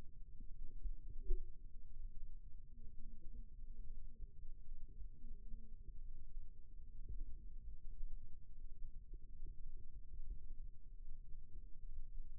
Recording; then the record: forearm muscle sounds (acoustic myography)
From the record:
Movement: rest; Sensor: system 2, bracelet of six BSWA MPA416 microphones around the upper forearm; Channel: 6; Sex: male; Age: 22 years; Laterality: right